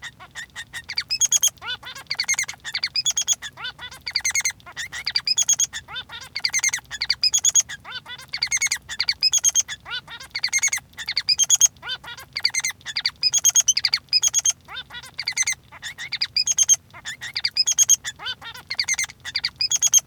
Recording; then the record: song of a male Bengalese finch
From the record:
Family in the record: son of father 3